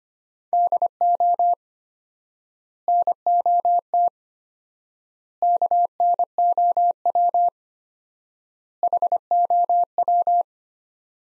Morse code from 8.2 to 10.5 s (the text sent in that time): HOW